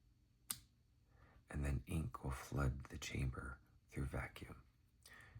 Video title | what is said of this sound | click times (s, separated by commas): Unbox, ink up and swatch a beautiful fountain pen with me! | and push the plunger down, and as it passes this little notch that's at the bottom, you'll hear a click. | 0.5 s